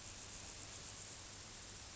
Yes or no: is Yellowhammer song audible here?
no